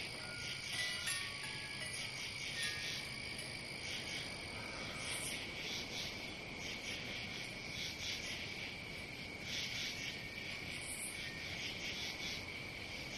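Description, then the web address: Crickets chirping in chorus, an unbroken high trill with scattered brighter pulses and short faint tones early on, under a steady hiss. "сверчки"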